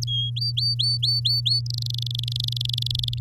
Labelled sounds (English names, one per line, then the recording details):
Domestic Canary song
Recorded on 8 May 2018 at 13:23
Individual llb16